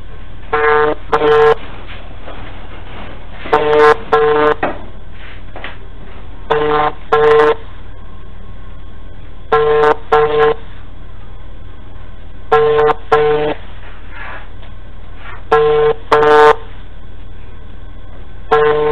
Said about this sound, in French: C'est ce qu'on va attendre maintenant. Son téléphone va sonner.